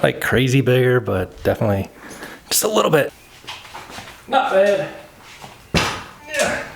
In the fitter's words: locks in place make sure it's locked